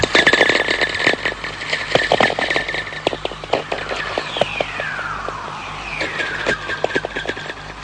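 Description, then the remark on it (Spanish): A radio recording, captured on a clear night on 1 April 1994, full of sharp crystalline clicks crackling constantly, with a pure whistle sliding downward in pitch a couple of times over a steady hiss. No one speaks. “Pues aquí estamos hablando de un silbido puro en una noche despejada, de golpes cristalinos, esto que comentaba Carlos, estos cripples, estos ruidos de cristales.”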